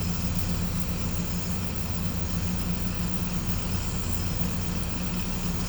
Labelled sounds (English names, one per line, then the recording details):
none
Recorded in pastures near Puerto Asís, Putumayo, Colombia, on 18 December 2024 at 17:00
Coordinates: 0.505, -76.324
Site G063